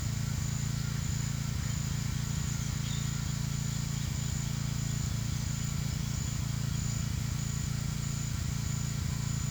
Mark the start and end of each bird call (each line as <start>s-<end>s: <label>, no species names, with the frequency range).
1.51s-7.11s: bird call (2.4-4.7 kHz)